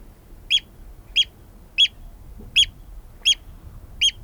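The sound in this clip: Eurasian oystercatcher giving shrill, clipped piping notes, six in a row, each abrupt and high, with faint hiss beneath.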